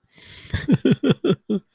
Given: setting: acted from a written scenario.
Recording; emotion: vocal sound without words; sadness